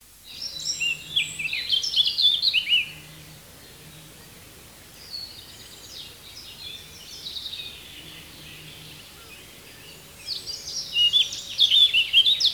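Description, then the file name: Eurasian blackcap song: fast, rich warbling phrases of varied notes, a loud burst, a softer longer passage, then another loud burst near the end. "Sylvia atricapilla"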